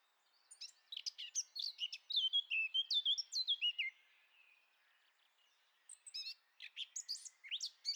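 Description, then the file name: Eurasian blackcap song with a chattering start and a series of loud, fluty falling whistles, followed by a gap and another short scratchy warble. "Sylvia atricapilla"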